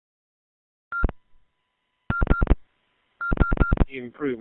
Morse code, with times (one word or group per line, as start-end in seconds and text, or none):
none